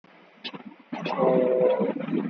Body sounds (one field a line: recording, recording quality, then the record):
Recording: sustained vowel as in boot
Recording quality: moderate, slight background noise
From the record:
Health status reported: exposed to COVID-19, no respiratory illness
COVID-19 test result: negative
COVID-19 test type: RT-PCR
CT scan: not taken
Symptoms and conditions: cough, fatigue, muscle pain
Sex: female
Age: 27 years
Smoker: no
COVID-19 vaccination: both doses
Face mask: worn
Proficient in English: yes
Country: India